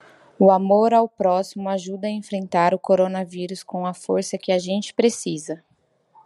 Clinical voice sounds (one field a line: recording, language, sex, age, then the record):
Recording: spoken sentence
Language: Brazilian Portuguese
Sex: female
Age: 20 to 29 years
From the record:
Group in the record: control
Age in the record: 28 years